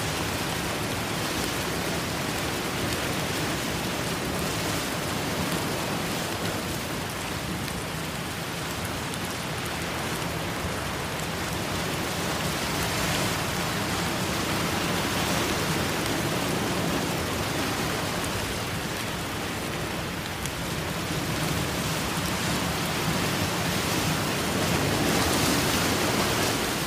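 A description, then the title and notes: Rain falls heavily and steadily, a dense hiss spread from low to high with no pauses. The loudness swells gently a few times, around ten, fifteen and twenty seconds, like surging water or gusts beneath the constant downpour. Rain & Storm Sounds With Ocean Waves Crashing.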